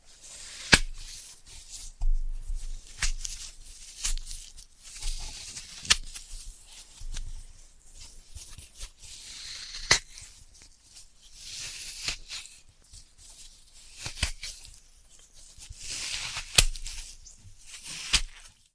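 Floral foam being handled, with soft crumbly scraping and crushing sounds that swell and fade in uneven bursts. Sharp clicks and taps cut through every second or two, and the gritty texture stays bright and hissy with little low end.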